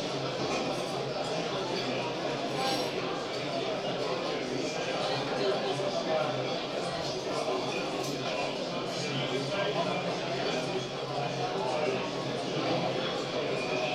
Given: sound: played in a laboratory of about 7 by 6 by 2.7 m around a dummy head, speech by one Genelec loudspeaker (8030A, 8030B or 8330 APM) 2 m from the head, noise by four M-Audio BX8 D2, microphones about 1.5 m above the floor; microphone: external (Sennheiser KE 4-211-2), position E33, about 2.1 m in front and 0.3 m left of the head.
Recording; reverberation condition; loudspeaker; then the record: cafeteria noise; medium; four, about 170 cm from the corners of the room and facing them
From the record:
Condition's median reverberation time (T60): about 510 ms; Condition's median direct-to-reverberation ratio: about -0.5 dB